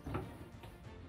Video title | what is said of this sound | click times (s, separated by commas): Construction de la TABLE et des BANQUETTES dans mon VAN! #VANLIFE | quand je pose un petit clic voilà | 0.1 s